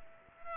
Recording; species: mosquito wingbeat signal from an infrared sensor; Culex pipiens